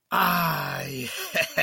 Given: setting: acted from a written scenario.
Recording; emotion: vocal sound without words; ecstasy